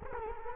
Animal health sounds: mosquito wingbeat signal from an infrared sensor; Culex quinquefasciatus

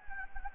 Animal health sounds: mosquito wingbeat signal from an infrared sensor; Anopheles gambiae

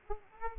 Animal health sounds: mosquito wingbeat signal from an infrared sensor; Aedes aegypti

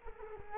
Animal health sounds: mosquito wingbeat signal from an infrared sensor; Culex quinquefasciatus

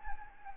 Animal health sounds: mosquito wingbeat signal from an infrared sensor; Anopheles gambiae

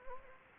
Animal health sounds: mosquito wingbeat signal from an infrared sensor; Anopheles gambiae

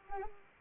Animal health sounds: mosquito wingbeat signal from an infrared sensor; Anopheles arabiensis

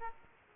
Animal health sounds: mosquito wingbeat signal from an infrared sensor; Aedes aegypti

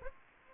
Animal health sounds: mosquito wingbeat signal from an infrared sensor; Aedes aegypti

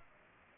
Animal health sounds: mosquito wingbeat signal from an infrared sensor; Culex pipiens

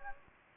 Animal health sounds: mosquito wingbeat signal from an infrared sensor; Anopheles gambiae

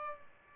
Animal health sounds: mosquito wingbeat signal from an infrared sensor; Aedes albopictus

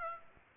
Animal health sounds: mosquito wingbeat signal from an infrared sensor; Aedes aegypti

